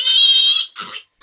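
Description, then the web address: Piglet letting out a long, steady, high-pitched squeal, followed by brief rasping grunts. "maialino"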